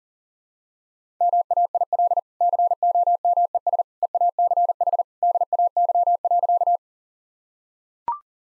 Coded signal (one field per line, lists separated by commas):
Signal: Morse code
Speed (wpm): 40 wpm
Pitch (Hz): 700 Hz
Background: none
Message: MAIL COMES EACH DAY.